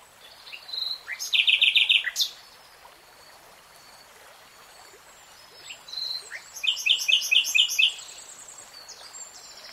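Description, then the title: Nightingale song: two bursts of rapid repeated notes and high whistled flourishes, separated by a pause, with a constant low hiss behind. Real-time recording of a nightingale singing. "[Tiếng chim hót] 3 Hours REALTIME Nightingale Singing"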